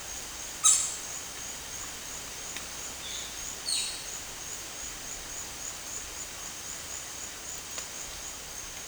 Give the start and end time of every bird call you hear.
[3.65, 3.84] bird call (1.3-13.7 kHz)

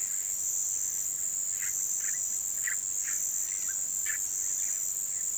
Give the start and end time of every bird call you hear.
[0.00, 4.33] bird call (1.0-4.5 kHz)

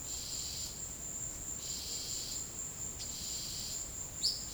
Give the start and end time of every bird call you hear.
[4.16, 4.42] bird call (3.1-6.0 kHz)

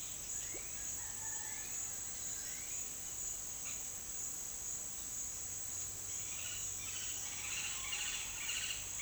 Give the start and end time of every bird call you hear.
[6.12, 9.01] bird call (0.8-5.5 kHz)

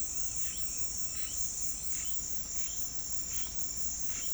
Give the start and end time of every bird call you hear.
[0.30, 4.33] bird call (0.9-4.6 kHz)

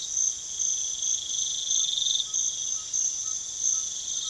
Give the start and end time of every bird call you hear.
[1.77, 4.30] bird call (0.8-1.8 kHz)

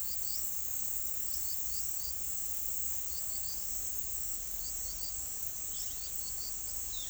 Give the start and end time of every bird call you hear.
[0.00, 7.10] bird call (2.9-6.5 kHz)

